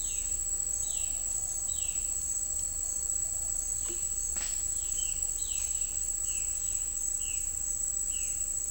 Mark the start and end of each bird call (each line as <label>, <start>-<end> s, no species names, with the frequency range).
bird call (2.5-4.5 kHz), 0.79-1.11 s
bird call (2.1-4.3 kHz), 1.67-2.05 s
bird call (2.0-4.0 kHz), 4.86-8.71 s